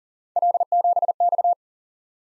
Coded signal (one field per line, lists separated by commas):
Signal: Morse code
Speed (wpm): 46 wpm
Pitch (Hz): 700 Hz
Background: none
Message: L7X